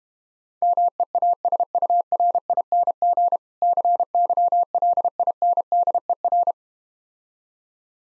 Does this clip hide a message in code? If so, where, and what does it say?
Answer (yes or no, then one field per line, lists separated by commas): yes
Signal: Morse code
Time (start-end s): 0.6-6.5 s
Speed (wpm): 32 wpm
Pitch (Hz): 700 Hz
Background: none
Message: MEASURING CYLINDER